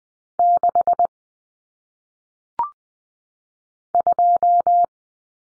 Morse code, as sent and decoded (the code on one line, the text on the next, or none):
-.... / ..---
6 2